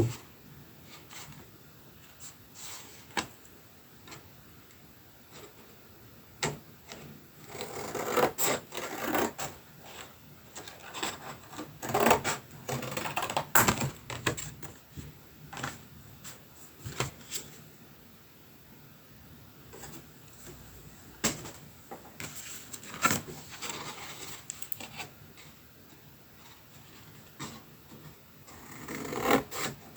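Paper being cut with scissors and punched, heard as sharp, crisp snips and clacks scattered across the clip, sometimes in quick bursts. Activity is busiest from about eight to eighteen seconds, with softer rustling between cuts and a few isolated snaps later on.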